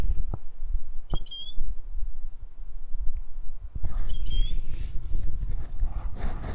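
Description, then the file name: Great tit calls: two short high chirped phrases of descending notes about three seconds apart, over low rumble and a few knocks. "Parus major"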